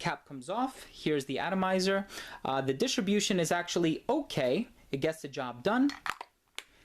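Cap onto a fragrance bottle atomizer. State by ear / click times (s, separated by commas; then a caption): seated / 6.6 s. Someone talks while handling a Black Suede Touch by Avon cologne bottle, taking its cap off the atomizer. The cap is then put back on over the atomizer and clicks into place with a short, sharp click at 6.6 s, seating firmly enough that the bottle can be picked up by the cap.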